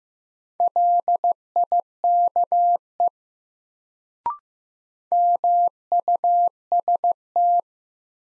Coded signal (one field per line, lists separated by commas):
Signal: Morse code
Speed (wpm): 15 wpm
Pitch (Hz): 700 Hz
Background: none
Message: LIKE MUST